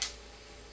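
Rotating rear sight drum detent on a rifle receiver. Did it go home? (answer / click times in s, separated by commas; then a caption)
yes / 0.0 s. The metal detent on the rotating rear iron sight drum of an MP5A4 rifle receiver clicks into place at 0.0 s, after the drum has been turned through its settings. A single short, bright metallic click is followed by a faint low background hum. The drum is locked in its new setting.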